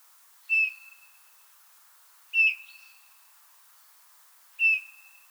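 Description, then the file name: Eurasian bullfinch uttering three mellow, piping whistles spaced about two seconds apart, each note short with a lingering tail, over a quiet background. "Pyrrhula pyrrhula"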